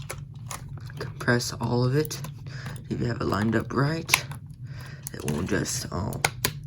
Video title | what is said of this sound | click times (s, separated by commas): Transformers: Revenge of the Fallen - Scavenger Part 3-8 | snap into place nice and sit nice | 6.5 s